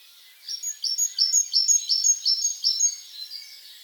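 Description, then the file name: Great tit song with a regular run of high, ringing two-part notes, about seven repeats, over faint background chirps. "Parus major"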